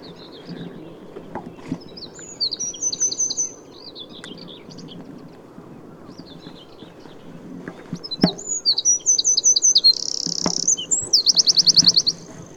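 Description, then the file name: Eurasian wren song, quieter high twittering early on, then a louder burst with a buzzy rattle and a rapid trill at the end, amid low background noise. "Troglodytes troglodytes"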